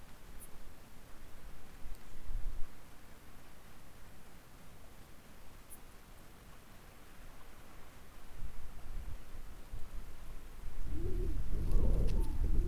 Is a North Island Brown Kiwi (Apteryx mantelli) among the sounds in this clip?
no